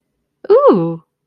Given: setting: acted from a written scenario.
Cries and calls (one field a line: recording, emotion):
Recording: vocal sound without words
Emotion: elation